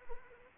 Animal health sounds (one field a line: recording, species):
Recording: mosquito wingbeat signal from an infrared sensor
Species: Anopheles arabiensis